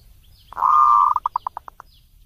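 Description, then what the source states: Zebra dove song: a drawn-out purring coo flowing straight into several quick, separate coo notes at a steady pace. Song used as a tutor recording for training (mastering) other birds.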